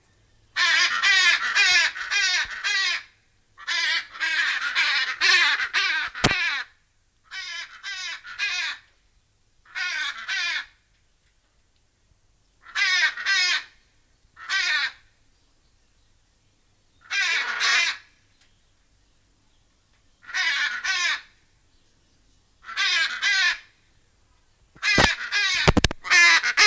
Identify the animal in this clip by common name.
Hyacinth Macaw